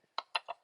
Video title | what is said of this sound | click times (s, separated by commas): Can Bosch, Mafell, Craftsman & even Shopsmith all be WRONG? SawSmith 2000 | and then that locks in place also on the front we have the ability to raise and lower our blade | 0.2 s, 0.4 s